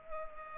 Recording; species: mosquito wingbeat signal from an infrared sensor; Culex pipiens